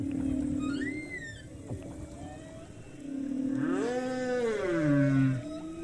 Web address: 3 D-Binaural Audio - the future of audio Ocean - Humpback whale - above then below